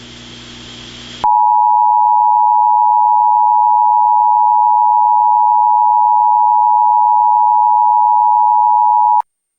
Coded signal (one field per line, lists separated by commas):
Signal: Emergency Alert System (SAME) tones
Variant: 853 and 960 Hz attention tone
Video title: EAS Mock Scenario: Ninja Invasion